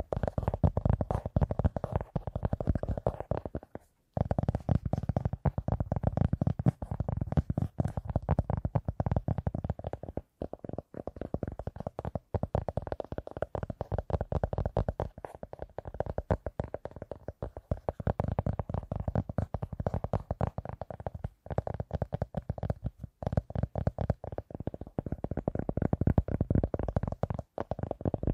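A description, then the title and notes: Fast tapping runs almost without a break for the whole half minute, a dense, rapid patter of soft, dull hits with a low, muffled body. Brief gaps appear near four, ten and twenty-one seconds before the tapping resumes at the same even pace. ASMR 1 Hour Fast Tapping for Sleep (No Talking).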